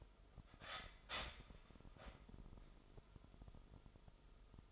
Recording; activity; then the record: daily activity, microphone in the room; start toaster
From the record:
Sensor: 5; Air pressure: 988.7 hPa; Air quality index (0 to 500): 232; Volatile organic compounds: 177 ppm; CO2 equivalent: 4132 ppm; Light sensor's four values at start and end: 40/124/48/51 and 40/124/48/51